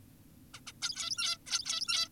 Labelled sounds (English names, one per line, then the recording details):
Zebra Finch
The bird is an adult
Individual g17y2U